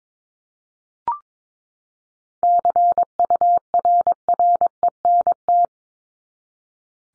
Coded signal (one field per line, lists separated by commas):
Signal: Morse code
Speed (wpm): 22 wpm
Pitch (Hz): 700 Hz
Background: none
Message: CURRENT